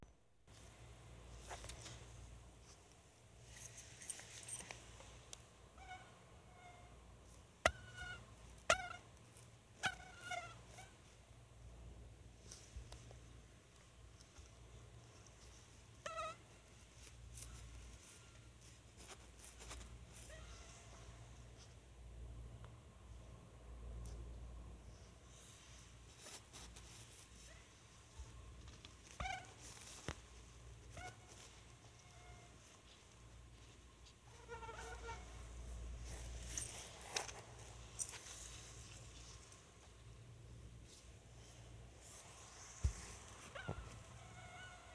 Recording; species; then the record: mosquito flight sound by mobile phone; Anopheles albimanus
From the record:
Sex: male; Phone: Sony Xperia